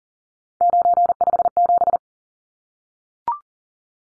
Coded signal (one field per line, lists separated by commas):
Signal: Morse code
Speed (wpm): 40 wpm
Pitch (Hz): 700 Hz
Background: none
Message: 957